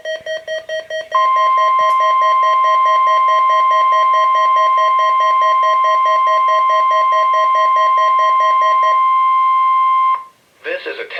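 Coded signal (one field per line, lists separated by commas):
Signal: Emergency Alert System (SAME) tones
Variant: 1050 Hz attention tone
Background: speech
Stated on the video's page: Required Weekly Test from NWS Sterling VA, received on NOAA weather radio station at 162.450 MHz, Silver Spring, MD.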